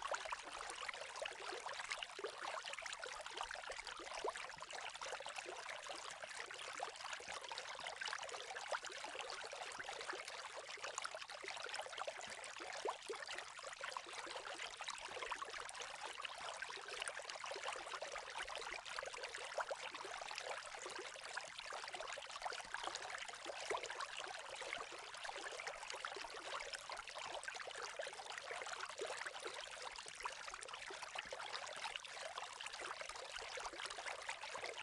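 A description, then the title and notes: Water runs steadily for the whole stretch, a dense, close trickling and splashing with many tiny overlapping drips. The sound sits bright and hissy with very little low rumble, and its level holds even from start to finish without any distinct events. Soothing Water Sounds.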